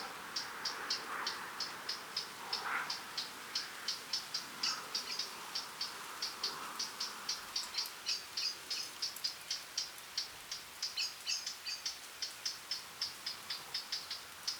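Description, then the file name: Eurasian blackcap giving hard, dry tack calls, repeated steadily about three to four times a second throughout, with a soft hiss of background noise. "Sylvia atricapilla"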